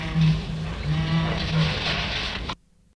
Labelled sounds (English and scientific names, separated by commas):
Victoria Crowned Pigeon (Goura victoria) call